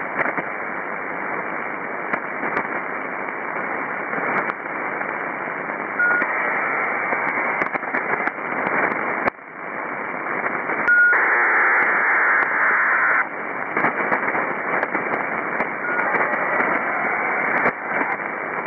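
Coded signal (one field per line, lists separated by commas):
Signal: ACARS aircraft data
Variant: HFDL (ACARS over HF)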